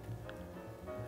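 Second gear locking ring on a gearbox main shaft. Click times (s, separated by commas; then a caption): 0.3 s. A steel locking ring for second gear on a gearbox main shaft is turned with a small screwdriver until its spring-loaded cylinder snaps into the locked position. A short, bright click sounds at 0.3 s over a steady low hum, and the ring is seated.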